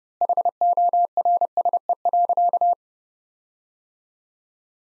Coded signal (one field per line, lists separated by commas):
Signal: Morse code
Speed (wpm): 32 wpm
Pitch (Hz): 700 Hz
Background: none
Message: HORSE.